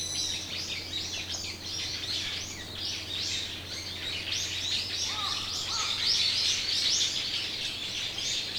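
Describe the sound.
Birds chirping: busy overlapping high twitters throughout, joined around five seconds by a few lower, clearer whistled notes, over a constant low hum.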